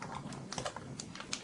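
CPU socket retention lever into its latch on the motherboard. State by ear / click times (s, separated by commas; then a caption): seated / 1.3 s. The CPU socket load plate is lowered and slid shut on a motherboard, then the metal retention lever is pushed down under its catch. Several light clicks and rattles follow, the last and sharpest at 1.3 seconds. The lever locks into place.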